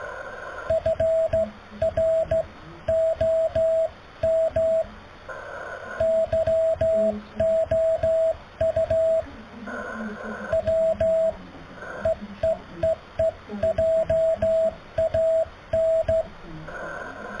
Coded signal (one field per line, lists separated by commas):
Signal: Morse code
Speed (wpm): 14 wpm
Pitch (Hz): 650 Hz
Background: radio noise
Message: FROM YOU W EEEE JAN